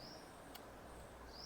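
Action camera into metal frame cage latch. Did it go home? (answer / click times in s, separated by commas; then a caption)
no / none. An Insta360 Ace Pro action camera is pushed into a PULUZ metal frame cage, but the cage's latch does not engage because the inner rubber pads make the fit too tight. A single brief tick at 0.6 s stands out over a steady background hiss, and nothing has seated or clicked yet. Someone talks.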